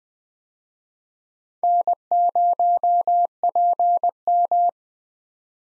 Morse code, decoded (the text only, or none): N0PM